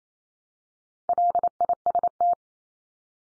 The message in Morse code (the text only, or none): LIST